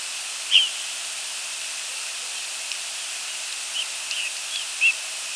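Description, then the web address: Rose-breasted grosbeak calls: a short, sharp squeak early on and another near the end, with faint ticks between, all over constant hissing noise. "grosbeak rbgr"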